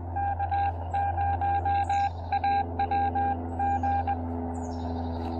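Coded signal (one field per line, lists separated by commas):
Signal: Morse code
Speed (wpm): 18 wpm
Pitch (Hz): 800 Hz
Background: none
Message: K0AWG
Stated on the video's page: CW Parks on the Air activation with a Xiegu X6100 on 20, 17, 30 and 40 meters, with overloading on 17 meters.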